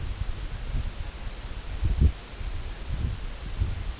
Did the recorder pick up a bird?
no